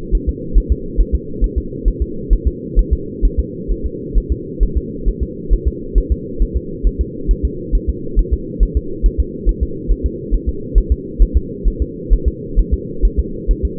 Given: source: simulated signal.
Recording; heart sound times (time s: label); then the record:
fetal heart sounds
0.15 s: S1
0.29 s: S2
0.58 s: S1
0.72 s: S2
1.00 s: S1
1.15 s: S2
1.44 s: S1
1.58 s: S2
1.88 s: S1
2.02 s: S2
2.33 s: S1
2.47 s: S2
2.79 s: S1
2.93 s: S2
3.25 s: S1
3.40 s: S2
3.72 s: S1
3.86 s: S2
4.18 s: S1
4.32 s: S2
4.63 s: S1
4.77 s: S2
5.08 s: S1
5.23 s: S2
5.53 s: S1
5.68 s: S2
5.98 s: S1
6.12 s: S2
6.42 s: S1
6.57 s: S2
6.87 s: S1
7.01 s: S2
7.31 s: S1
7.45 s: S2
7.75 s: S1
7.89 s: S2
8.19 s: S1
8.33 s: S2
8.63 s: S1
8.77 s: S2
9.06 s: S1
9.20 s: S2
9.49 s: S1
9.63 s: S2
9.92 s: S1
10.06 s: S2
10.34 s: S1
10.49 s: S2
10.78 s: S1
10.92 s: S2
11.22 s: S1
11.37 s: S2
11.68 s: S1
11.82 s: S2
12.13 s: S1
12.28 s: S2
12.59 s: S1
12.74 s: S2
13.05 s: S1
13.19 s: S2
13.51 s: S1
13.65 s: S2
From the record:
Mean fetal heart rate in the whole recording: 135 bpm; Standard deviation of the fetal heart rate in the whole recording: 3 bpm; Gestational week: 36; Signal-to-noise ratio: -4.3 dB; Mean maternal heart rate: 72 bpm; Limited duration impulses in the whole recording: present